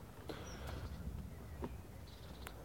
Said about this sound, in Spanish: Y bueno, verán que estamos en la calle, escucharán pajaritos y así contestaré la pregunta.